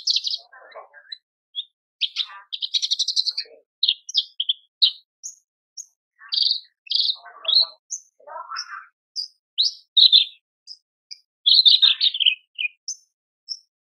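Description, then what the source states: Horsfield's bush lark in continuous varied song: quick chirps, buzzy trills and lower warbled notes mixed together without long gaps. Training song (masteran) for cage birds, described as super gacor.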